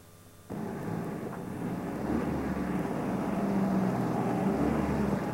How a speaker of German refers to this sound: Ich lasse den Motor laufen, du bleibst im Auto sitzen.